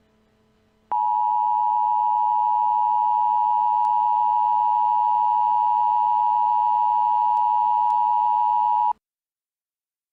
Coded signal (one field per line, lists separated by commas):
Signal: Emergency Alert System (SAME) tones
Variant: 853 and 960 Hz attention tone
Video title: Welcome to Fascist America EAS Scenario Pt.1